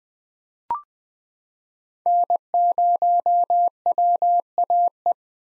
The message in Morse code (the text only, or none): N0WAE